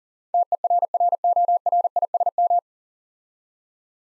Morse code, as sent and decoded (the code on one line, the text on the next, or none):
- . .-. .-. --- .-. .. ... --
TERRORISM